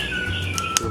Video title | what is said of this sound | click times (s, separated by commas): REVIEW SPIDOMETER SEPEDA CATEYE PADRONE BLACK EDITION CC-PA100W - duniadianSEPEDAHAN #1 | Maaf tadi belum klik Nah kalo udah klik tinggal gampang | 0.8 s